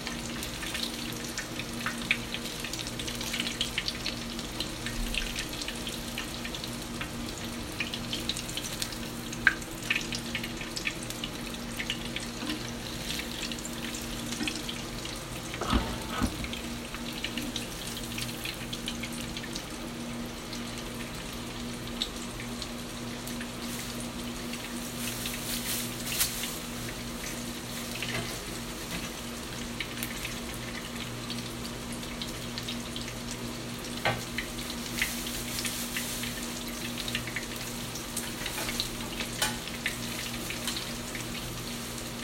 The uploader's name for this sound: Frying Menchi Katsu (Japanese Ground Meat Cutlet)